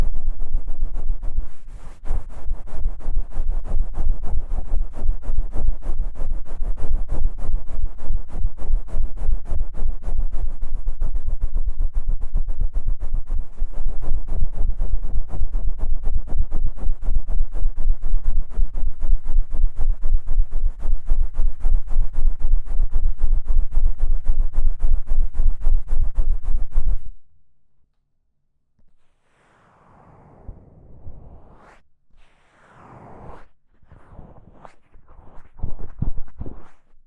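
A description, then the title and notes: Ear massage recorded right at the microphone: for the first 27 seconds a dense, rapid scratching and rubbing runs on steadily, loud and heavy in the low end. It then cuts off abruptly, leaving quieter, intermittent rubbing strokes with sliding, squeaky tones. ASMR×KU100 | 搓耳朵!!我搓搓搓. Ear Massage | NO Talking.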